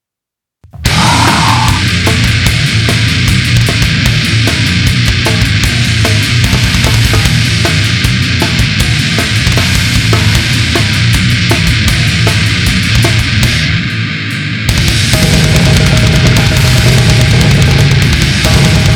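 Loud, continuous rough chest noise packed with fine, irregular crackling clicks, with no clear pause between breaths and a brief dip near the end. These are lung sounds of acute respiratory distress syndrome, with widespread crackles from fluid-filled, stiff lungs.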